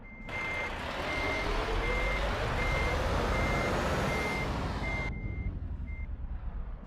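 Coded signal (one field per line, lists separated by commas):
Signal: none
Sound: truck reversing beeps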